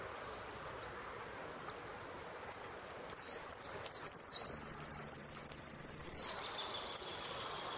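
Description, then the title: Saffron finch singing, spaced high chips building into quick downward-sweeping notes and a long rapid buzzing trill, followed by a few more isolated chips. "Jilguero Argentino"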